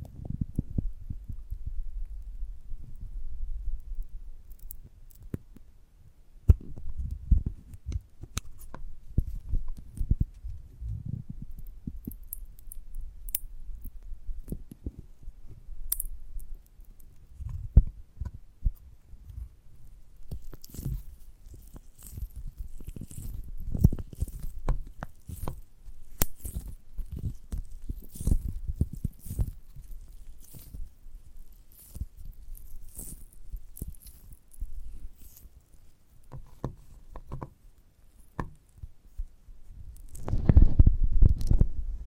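Soft, irregular squishing and tapping sounds from handling a giant gummy bear, mostly low thuds with occasional sticky, crackly bursts. Activity comes in uneven clusters with brief pauses, growing busier after about twenty seconds, and ends with a louder, heavier squeeze near the finish.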